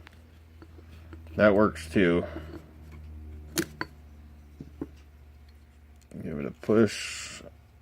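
A metal retaining part inside a Warn 4x4 lockout hub (Ford F150, Chevy or Dodge) is pressed down, first with a pick worked around it and then with a push. Someone talks while light taps and two sharp metallic ticks, near 3.6 s and 3.8 s, are heard. Nothing has seated or clicked yet.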